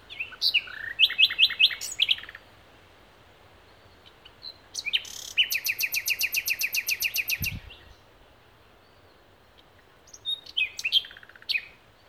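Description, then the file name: Common nightingale song: short varied phrases with buzzy and whistled notes, then a long rapid series of repeated clicking notes, a pause, and more chattering phrases. "Luscinia megarhynchos"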